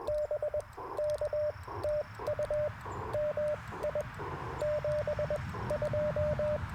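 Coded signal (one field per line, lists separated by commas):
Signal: Morse code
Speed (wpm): 20 wpm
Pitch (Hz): 590 Hz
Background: radio noise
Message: BK TU MI 72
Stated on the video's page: QRP CW Parks on the Air activation in early morning with Icom IC-705, Gabil GRA-7350T antenna, and Modern Morse Nameless key.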